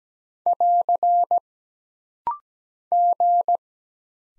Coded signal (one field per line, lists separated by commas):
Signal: Morse code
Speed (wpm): 17 wpm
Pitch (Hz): 700 Hz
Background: none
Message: <AR> G